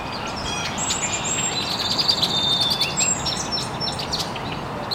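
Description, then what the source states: Birds chirping, thin high whistled notes and quick chirps overlapping, with a steady hissing background. Birds chirping very early in the morning in an estuary.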